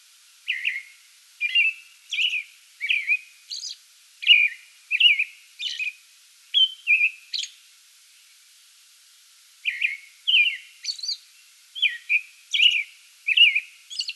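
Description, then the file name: American robin song: bursts of slurred whistled phrases and high thin notes, a short silence midway, then the caroling resumes. Song bout recorded 8 May 2022. "2022-05-08 American Robin song bout"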